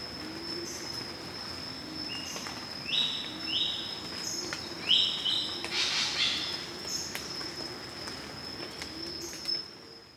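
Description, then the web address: Spangled drongo calling with short bright notes and one harsh scratchy burst, against a continuous high-pitched insect whine. "sound Spangled-drongo. صدای-پرنده-بوجانگای-پولکی"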